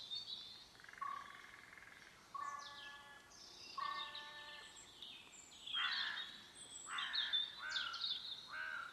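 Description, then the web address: Bird calls: harsh, nasal notes with stacked harmonics come in repeated short bursts, mixed with higher thin chirps and squeaks. "cianscape. Deverinetal 2025. Bird Only"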